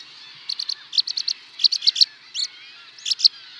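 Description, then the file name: Rock pipit song: bursts of high, thin chirps in quick groups of three or four, with a couple of brief slurred notes between them. "skarpiplarka"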